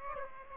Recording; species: mosquito wingbeat signal from an infrared sensor; Aedes aegypti